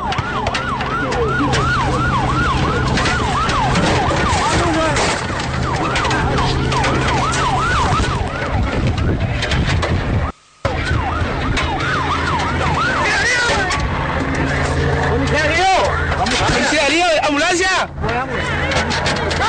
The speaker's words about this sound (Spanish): ¡Ambulancia! ¡Ambulancia!